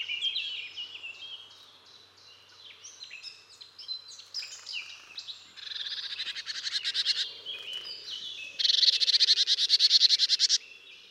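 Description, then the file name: Marsh tit calls: a mix of short high chipping notes, then bursts of rapid, buzzy repeated notes that grow louder toward the end. "Poecile palustris"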